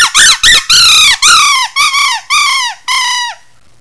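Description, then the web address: Songbird giving distress calls: loud harmonic squeals, a few short notes then longer drawn-out cries that bend downward at the end, repeated roughly twice a second. "song birds protodistress"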